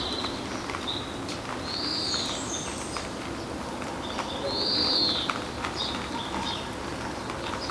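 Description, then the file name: European greenfinch calling with two high arched notes nearly three seconds apart, plus a few fainter short notes, against constant hissing outdoor noise. "Chloris chloris"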